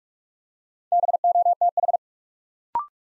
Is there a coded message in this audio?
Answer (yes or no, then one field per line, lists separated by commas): yes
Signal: Morse code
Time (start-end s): 0.9-2.0 s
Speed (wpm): 44 wpm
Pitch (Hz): 700 Hz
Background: none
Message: BOTH